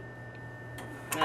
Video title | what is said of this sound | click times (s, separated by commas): Solder Copper Pipe Leasons | come back and kinda locks in place where | 1.1 s, 1.2 s